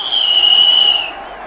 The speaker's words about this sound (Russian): О, слышите? Это свистят наши футбольные болельщики.